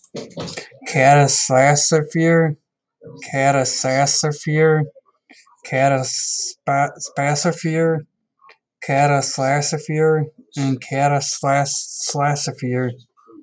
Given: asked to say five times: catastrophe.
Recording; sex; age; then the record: repeated word; male; 30 to 39 years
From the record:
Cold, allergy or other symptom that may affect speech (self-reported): no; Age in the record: 36 years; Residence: Ohio, United States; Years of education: 12